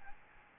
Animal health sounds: mosquito wingbeat signal from an infrared sensor; Aedes albopictus

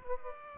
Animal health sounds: mosquito wingbeat signal from an infrared sensor; Aedes aegypti

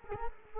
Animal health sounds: mosquito wingbeat signal from an infrared sensor; Culex quinquefasciatus

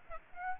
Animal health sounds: mosquito wingbeat signal from an infrared sensor; Aedes aegypti

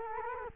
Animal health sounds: mosquito wingbeat signal from an infrared sensor; Culex quinquefasciatus

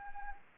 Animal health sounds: mosquito wingbeat signal from an infrared sensor; Anopheles arabiensis

